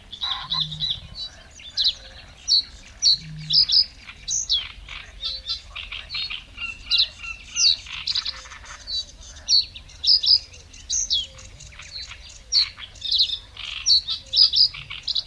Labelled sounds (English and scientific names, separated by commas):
Reed Bunting (Emberiza schoeniclus)